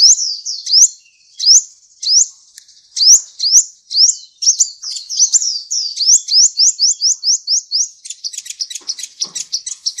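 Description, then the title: Oriental magpie-robin song: clear upslurred whistles spaced out at first, then quickening into a rapid rising series and ending in dense scratchy chips. "Kicau Kacer"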